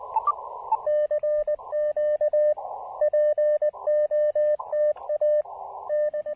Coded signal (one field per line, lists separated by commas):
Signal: Morse code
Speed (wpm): 20 wpm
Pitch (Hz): 590 Hz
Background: radio noise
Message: CQ POTA N